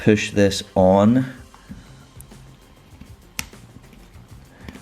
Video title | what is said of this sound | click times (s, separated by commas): LIKEWISE RLX INSTALL! - FOCUS RS | don't know if you heard that little click, | 3.4 s